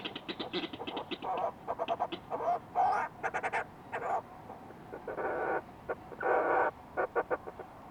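Fulmar prion giving rapid, harsh croaking phrases, choppy bursts broken by longer rasping notes, with several rhythmic sequences over steady low background noise.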